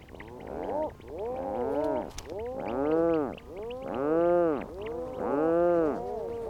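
Rhinoceros auklet giving deep, moaning groans with rich harmonics, each rising then falling, repeated in overlapping series.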